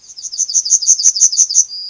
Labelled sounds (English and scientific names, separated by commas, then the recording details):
Yellowhammer (Emberiza citrinella) song
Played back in grassland
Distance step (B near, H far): B
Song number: 169